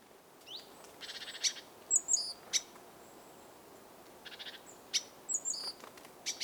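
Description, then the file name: Great tit calls, a harsh buzzy churring burst followed by thin high notes and sharp ticks, recurring in short clusters against faint steady hiss. "Parus major"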